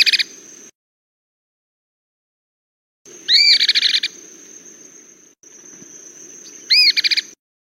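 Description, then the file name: Cliff flycatcher: short bursts of loud, high, arched notes with fast chips, separated by long pauses, over a steady high tone and faint low noise. "Canto do gibao de couro"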